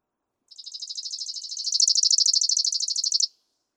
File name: Chipping Sparrow